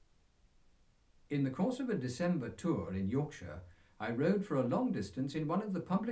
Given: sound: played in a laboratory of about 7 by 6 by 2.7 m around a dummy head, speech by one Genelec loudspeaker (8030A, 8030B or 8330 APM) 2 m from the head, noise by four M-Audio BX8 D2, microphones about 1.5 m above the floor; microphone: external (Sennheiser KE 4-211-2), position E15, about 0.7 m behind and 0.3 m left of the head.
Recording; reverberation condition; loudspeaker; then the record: male speech in English; low; 60 degrees to the right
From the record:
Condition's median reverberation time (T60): about 310 ms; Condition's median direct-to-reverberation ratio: about 3.5 dB